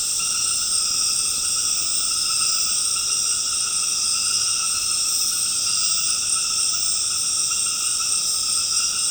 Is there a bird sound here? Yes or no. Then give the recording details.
no. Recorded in secondary vegetation near Puerto Asís, Putumayo, Colombia, on 13 March 2025 at 20:00. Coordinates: 0.485, -76.322. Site G040